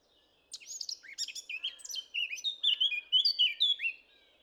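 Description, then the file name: Eurasian blackcap song starting abruptly after a half-second hush, rapid chattering notes giving way to loud, pure whistled phrases before it stops. "Sylvia atricapilla"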